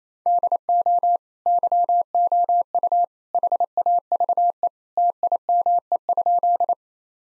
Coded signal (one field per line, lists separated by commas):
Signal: Morse code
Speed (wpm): 27 wpm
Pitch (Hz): 700 Hz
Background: none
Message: DO YOU HAVE TIME?